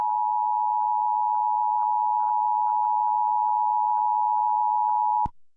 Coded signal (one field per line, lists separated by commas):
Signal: Emergency Alert System (SAME) tones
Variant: 853 and 960 Hz attention tone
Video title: EAS | WBAP-AM Activates the North Texas AMBER Alert System